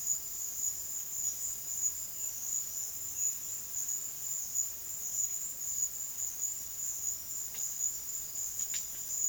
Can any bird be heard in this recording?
no